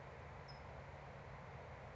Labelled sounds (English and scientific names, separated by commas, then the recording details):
California Towhee (Melozone crissalis)
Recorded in Sonoma County, California